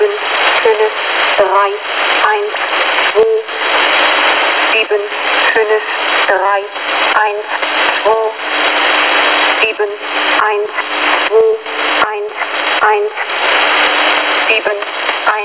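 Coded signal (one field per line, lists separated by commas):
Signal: numbers station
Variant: G06 German Lady, German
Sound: female voice reading German digits through heavy radio hiss, evenly spaced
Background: radio static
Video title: Russian G06 "German Lady" number station at 5446 kHz (long message)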